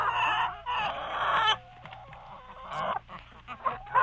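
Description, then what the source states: Chickens clucking and squawking in a busy flock, overlapping harsh calls rising and falling, with a steady low hum underneath. Chickens in a chicken coop.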